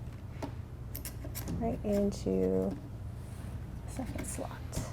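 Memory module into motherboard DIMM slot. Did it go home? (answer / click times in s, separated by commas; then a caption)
no / none. A second memory module is handled over the motherboard's second DIMM slot while someone talks, with a few brief taps around 1.0 and 1.5 seconds. The module has not seated or clicked into the slot yet.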